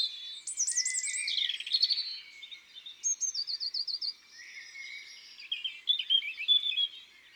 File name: Rougegorge familier Chants doiseaux des bois et des forets